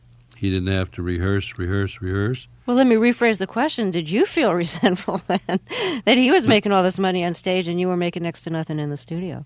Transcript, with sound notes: He didn't have to rehearse, rehearse, rehearse.
Well, let me rephrase the question. Did you feel resentful then (laughter) that he was making all this money on stage and you were making next to nothing in the studio?